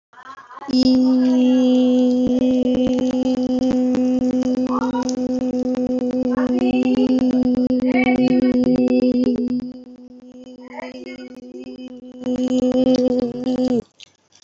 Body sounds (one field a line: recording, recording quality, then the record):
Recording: sustained vowel as in beet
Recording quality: excellent, no background noise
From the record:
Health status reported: healthy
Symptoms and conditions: fever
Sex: female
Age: 22 years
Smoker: not ticked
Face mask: worn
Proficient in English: yes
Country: India